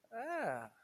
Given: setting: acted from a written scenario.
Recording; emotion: vocal sound without words; serenity